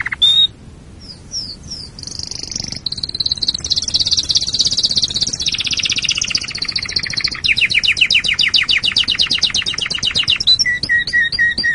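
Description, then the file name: Canary singing a long varied phrase: rising slurs, dense high rattling trills shifting in pitch, then spaced repeated chirps and short lower notes at the end. "canarysong omkicau"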